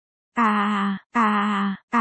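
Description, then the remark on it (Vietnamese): A man cries out in pain three times in quick succession, each loud, strained howl held at a steady pitch for over half a second before breaking off, with no speech. “Tiếng gào vang vọng khắp nơi như thể muốn người khác cảm thụ một phần cơn đau này vậy.”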